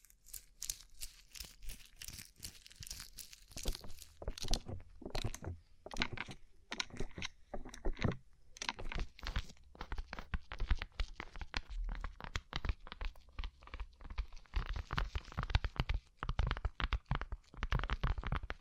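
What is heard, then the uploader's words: Rhinestone-covered tapping: dense, rapid clicks and scratchy crinkles running continuously, bright and crisp, with brief pauses near five and sixteen seconds. ASMR Rhinestone Covered Tapping 3Dio (No Talking).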